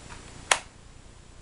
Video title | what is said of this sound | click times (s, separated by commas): The Fit & Carry of my Kydex Concealment Holsters by: AC | and when you put it back in you get a nice positive click | 0.5 s